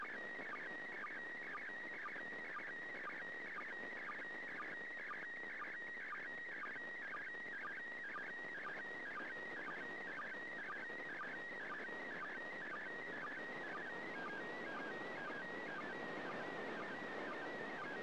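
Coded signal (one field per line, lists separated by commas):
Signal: SSTV (slow-scan television)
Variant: PD120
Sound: warbling, stepping tone with regular short low blips under steady hiss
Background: radio static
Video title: 1st Second Pass.Slow Scan Television (SSTV) images transmitted from the International Space Station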